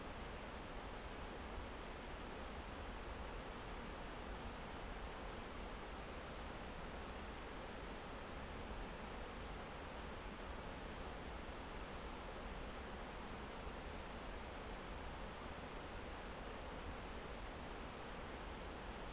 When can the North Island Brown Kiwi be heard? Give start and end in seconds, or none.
none